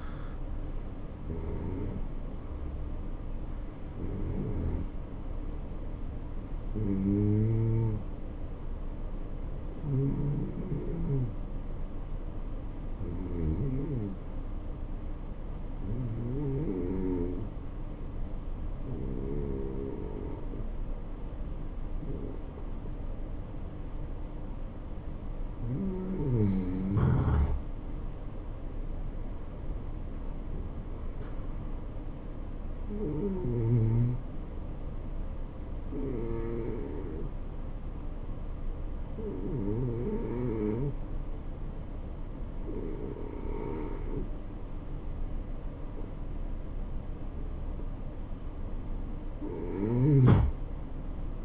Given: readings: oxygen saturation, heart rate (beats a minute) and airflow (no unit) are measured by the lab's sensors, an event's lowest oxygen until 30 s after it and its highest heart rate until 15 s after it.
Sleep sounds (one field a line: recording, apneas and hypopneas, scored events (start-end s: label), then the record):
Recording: breathing in sleep by a smartphone at the bedside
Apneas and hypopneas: 1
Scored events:
7.00-25.60 s: hypopnea (N2, oxygen 93% highest, then 89% lowest, heart rate 72 at the start, 77 highest)
From the record:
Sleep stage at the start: N2 (light sleep)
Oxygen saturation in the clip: 90 to 93%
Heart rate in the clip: 68 to 77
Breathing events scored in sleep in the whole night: 277 in 7.4 hours asleep